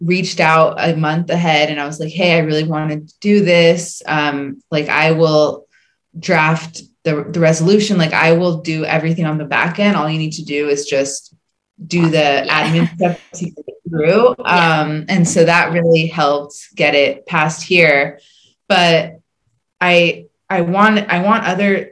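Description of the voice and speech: A woman talks conversationally in a mid-pitched voice, her flow broken by stretched sounds, tense pauses before words and a restarted phrase ("I, I want, I want"). These prolongations, blocks and repetitions are typical of stuttering, in an adult who describes herself as a person who stutters.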